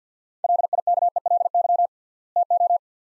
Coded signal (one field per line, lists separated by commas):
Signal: Morse code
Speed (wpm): 47 wpm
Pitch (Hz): 700 Hz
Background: none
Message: LIKELY TO